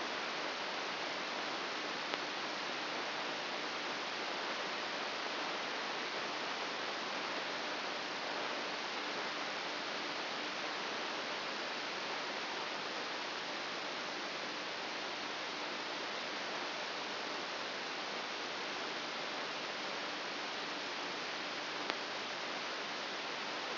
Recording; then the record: brain microelectrode recording played as sound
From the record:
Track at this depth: inside the subthalamic nucleus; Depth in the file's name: 4.202 mm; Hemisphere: right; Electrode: 2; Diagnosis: Parkinson's disease